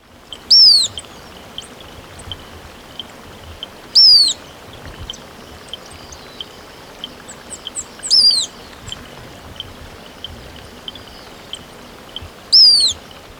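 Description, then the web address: Mouse-colored Thistletail calling in sharp, high descending notes, one roughly every four seconds, over a soft constant hiss. Ecuador. "Birds of Ecuador 2. Mouse-Colored Thistletail"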